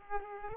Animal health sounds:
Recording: mosquito wingbeat signal from an infrared sensor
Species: Aedes aegypti

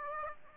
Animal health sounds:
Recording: mosquito wingbeat signal from an infrared sensor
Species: Aedes aegypti

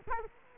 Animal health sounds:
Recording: mosquito wingbeat signal from an infrared sensor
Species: Culex quinquefasciatus

